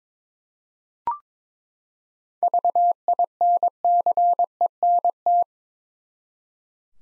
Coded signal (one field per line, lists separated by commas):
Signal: Morse code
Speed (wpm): 22 wpm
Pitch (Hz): 700 Hz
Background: none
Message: VINCENT